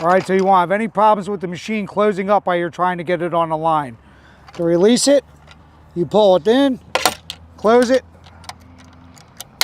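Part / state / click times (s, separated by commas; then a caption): front buckle latch on a cable lashing machine / seated / 9.6 s. Someone talks while pulling the front-end arm of a GMP Civitella cable lasher in and closing it, followed by quieter metallic handling clicks. The metal front buckle latch then closes with a loud, sharp snap at 9.6 s, seating it.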